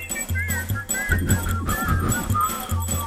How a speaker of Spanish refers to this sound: Pero vamos a hacerle la pregunta a la gente piola, ¿no? A la gente que está allá. El coro estable de los angelitos silbadores.